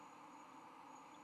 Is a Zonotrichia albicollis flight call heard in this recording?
no